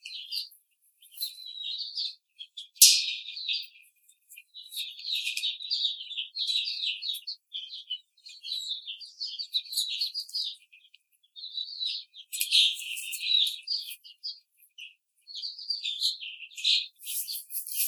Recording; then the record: young laying hens in a cage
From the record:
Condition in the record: treatment cage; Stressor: simulated dog barking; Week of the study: 5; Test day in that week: 1